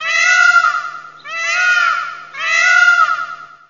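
Peacock calling, three loud, nasal, wailing cries of about a second each, given in quick succession with short breaks between them.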